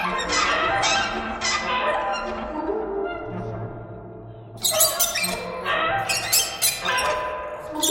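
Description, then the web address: Bird squawks: harsh, scratchy calls that slide downward, growing denser and louder in the second half over a low hum. "soundfactory birds"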